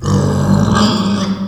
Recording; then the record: squeal of a Yucatan mini pig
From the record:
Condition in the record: after surgery on the right vocal fold (resection and tissue-engineered implant); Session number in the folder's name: 16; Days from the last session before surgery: 183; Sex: female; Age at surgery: 19 weeks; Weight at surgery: 25 kg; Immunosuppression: prednisolone